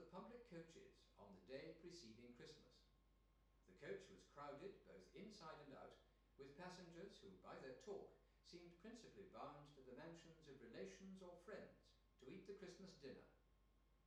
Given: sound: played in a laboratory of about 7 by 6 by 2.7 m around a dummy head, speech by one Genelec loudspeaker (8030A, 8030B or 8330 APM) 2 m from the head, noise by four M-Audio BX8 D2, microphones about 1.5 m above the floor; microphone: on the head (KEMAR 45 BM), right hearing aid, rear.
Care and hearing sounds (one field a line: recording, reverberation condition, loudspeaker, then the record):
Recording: male speech in English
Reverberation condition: medium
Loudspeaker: 120 degrees to the left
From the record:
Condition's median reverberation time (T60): about 510 ms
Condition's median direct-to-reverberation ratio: about -0.5 dB